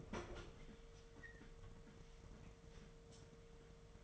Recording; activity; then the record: daily activity, microphone in the room; open fridge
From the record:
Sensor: 4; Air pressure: 1015.7 hPa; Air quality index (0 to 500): 186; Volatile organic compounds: 9 ppm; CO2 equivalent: 2149 ppm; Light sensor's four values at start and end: 10/23/9/10 and 8/18/7/7